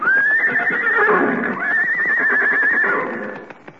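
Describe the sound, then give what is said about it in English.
A horse neighs loudly twice in a row, each whinny a high, wavering, quavering cry, with a faint rumble underneath as the second call trails off and fades; horses being brought for riding in The Jack Benny Program. “Well, here he comes with the horses.”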